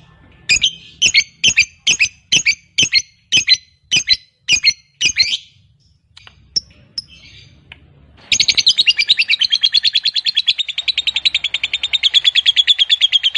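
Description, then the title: Lovebird calls: a string of about a dozen sharp separate chirps, a short pause, then a fast continuous chattering trill of harsh high notes running to the end. Fighter lovebird giving a long ngekek (ngekek panjang). "Begitu Dengar Suara Lovebird FIGHTER NGEKEK PANJANG"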